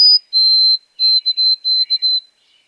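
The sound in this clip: White-throated sparrow song: a brief high pure whistle, a long lower held whistle, then several shorter whistles on that same pitch.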